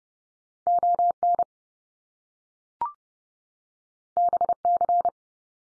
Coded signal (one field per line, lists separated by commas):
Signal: Morse code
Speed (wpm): 30 wpm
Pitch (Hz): 700 Hz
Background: none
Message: ON BC